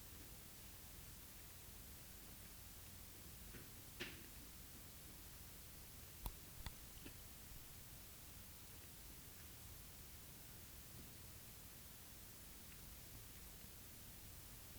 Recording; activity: daily activity, guitar pickup as the sensor; eat